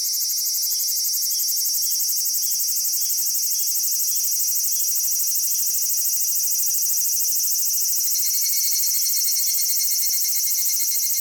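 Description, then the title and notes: Cicadas buzzing, a loud continuous high-pitched whine with fast rattling pulses and a steady thin tone, shifting slightly in texture toward the end. Recorded close-up with a parabolic microphone in July at Annakaharuna, Gunma, Kanto region, Japan; males vibrate tymbals; the songs are said to sound electronic. "Cigales électro au Japon"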